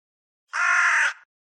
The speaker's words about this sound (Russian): Раздался недовольный, словно поторапливающий голос ворона. Он явно звал за собой.